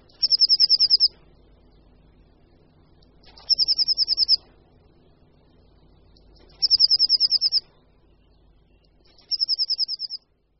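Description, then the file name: Eurasian blue tit song, a very high, fast trill of about ten even notes lasting a second, given four times roughly every three seconds over quiet background. "Sýkora-modřinka"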